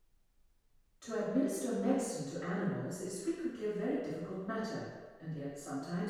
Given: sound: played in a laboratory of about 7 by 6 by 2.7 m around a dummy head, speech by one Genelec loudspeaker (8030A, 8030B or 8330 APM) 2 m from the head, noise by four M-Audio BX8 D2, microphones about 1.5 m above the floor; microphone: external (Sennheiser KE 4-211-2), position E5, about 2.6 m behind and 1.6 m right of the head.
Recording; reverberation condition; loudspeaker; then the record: female speech in English; high; 60 degrees to the right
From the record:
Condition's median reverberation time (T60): about 1300 ms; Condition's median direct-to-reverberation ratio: about -4.0 dB